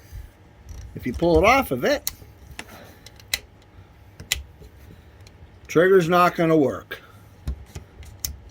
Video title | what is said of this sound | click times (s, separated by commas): Excalibur TwinStrike Crossbow Review | Snap in place, trigger works. How clean is that? | 8.2 s